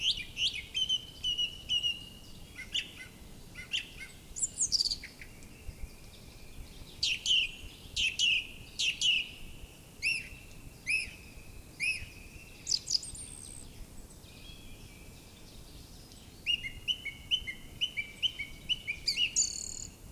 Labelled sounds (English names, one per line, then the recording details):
Song Thrush song
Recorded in the wild
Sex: male
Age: adult
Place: Röttenbach, Bayern, DE
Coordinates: 49.6633, 10.9539
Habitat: forest
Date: 1961-04-02 18:00
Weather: after rainfall
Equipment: Stellavox SM 4, Original, Vollspur
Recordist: Tretzel, Erwin